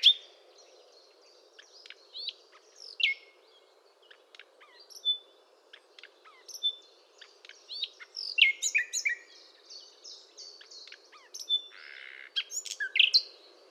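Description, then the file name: Common nightingale giving scattered high chips, clicks and brief whistles that build into denser, varied phrases toward the end, against a constant low background hiss. "Luscinia megarhynchos"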